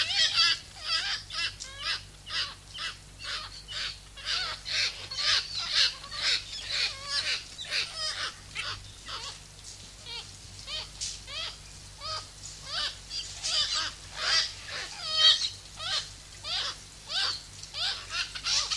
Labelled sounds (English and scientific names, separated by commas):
Common Murre (Uria aalge) call